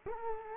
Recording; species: mosquito wingbeat signal from an infrared sensor; Culex quinquefasciatus